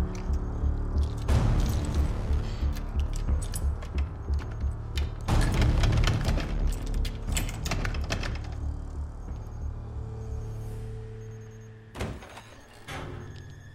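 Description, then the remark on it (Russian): Someone repeatedly tries to open locked doors: bursts of rattling, clattering and heavy thumps come in uneven waves over a steady low hum, with a final sharp bang near the end. “Мелинда пытается открыть заблокированные двери.”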